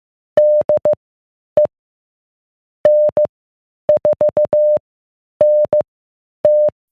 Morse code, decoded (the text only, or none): DE N4NT